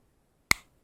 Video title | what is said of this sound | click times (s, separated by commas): SKODA FABIA Key Fob Battery replacement (Mk1 99-07) | and press firmly together until it clicks | 0.5 s